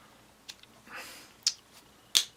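A small part of unclear identity is pushed by hand into its holder. Faint ticks at 0.5 and 0.6 s and a soft hiss around 1.0 s come before two sharp, loud clicks at 1.5 and 2.2 s, and the part clicks into place.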